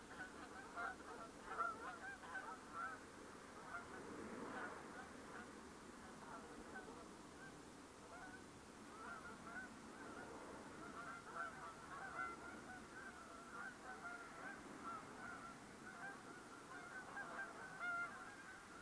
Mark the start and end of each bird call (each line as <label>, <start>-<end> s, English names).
Canada Goose, 0.08-3.00 s
Canada Goose, 3.56-4.02 s
Canada Goose, 4.53-5.48 s
Canada Goose, 6.01-6.44 s
Canada Goose, 6.73-7.06 s
Canada Goose, 7.36-7.52 s
Canada Goose, 8.02-8.44 s
Canada Goose, 8.88-10.30 s
Canada Goose, 10.80-15.54 s
Canada Goose, 15.81-18.71 s